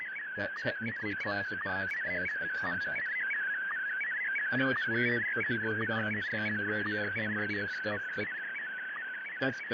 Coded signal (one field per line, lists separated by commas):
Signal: SSTV (slow-scan television)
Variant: Scottie DX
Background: speech